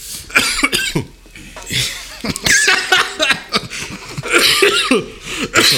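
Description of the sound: A run of repeated, harsh, explosive coughs from an adult, a coughing fit after taking a pull of smoke and trying to talk, catching an air bubble in the throat.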